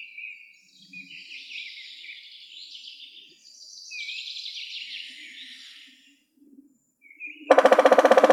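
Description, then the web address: Woodpecker drumming: a sudden loud burst of rapid, broad knocking pulses at the end, after several seconds of high twittering bird calls. Woodpeckers (Picidae), recorded 21 March 2015. "Vogelstimmen Spechte Picidae 20150321"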